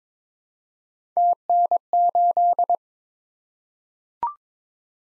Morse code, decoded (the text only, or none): TN8